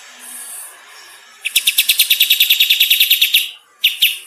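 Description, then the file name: Bulbul gives a quick run of sharp, repeated chirps lasting about two seconds, then a short pause and two more notes. "suara-kapas-tembak-versi 4"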